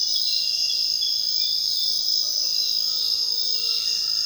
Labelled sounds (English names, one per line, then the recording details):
Undulated Tinamou
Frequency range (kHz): Undulated Tinamou 0.9-1.7 kHz
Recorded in dense forest near Puerto Asís, Putumayo, Colombia, on 18 February 2024 at 06:00
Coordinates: 0.499, -76.324
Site G6469